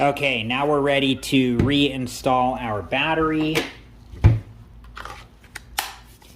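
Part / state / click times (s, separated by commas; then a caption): battery pack into cordless rotary tool / seated / 5.8 s. Someone talks, then a rechargeable battery pack is reinstalled into a Dremel cordless rotary tool, with a few small handling knocks and taps. The battery clicks into place with a sharp latch click at 5.8 s, seating it so the tool is ready to use.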